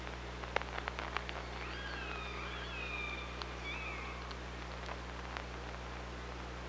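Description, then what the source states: Killer whale call: a drawn-out tone that wavers and then sweeps upward, with bursts of clicks before it and steady background hiss throughout. OrcaLab hydrophone, 24 August 2017.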